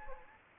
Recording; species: mosquito wingbeat signal from an infrared sensor; Anopheles gambiae